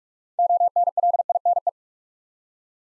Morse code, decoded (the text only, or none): ONLINE